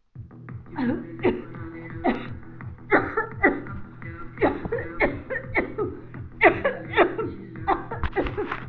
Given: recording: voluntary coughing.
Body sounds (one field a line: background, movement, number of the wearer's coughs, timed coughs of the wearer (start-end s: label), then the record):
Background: music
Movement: sitting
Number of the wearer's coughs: 12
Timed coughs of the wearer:
0.64-1.11 s: cough
1.21-1.60 s: cough
2.02-2.66 s: cough
2.89-3.34 s: cough
3.41-3.85 s: cough
4.39-4.97 s: cough
4.97-5.53 s: cough
5.53-5.99 s: cough
6.39-6.93 s: cough
6.93-7.45 s: cough
7.65-8.10 s: cough
8.14-8.48 s: cough
From the record:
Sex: female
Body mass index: 21.8 kg/m2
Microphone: on the chest, facing the body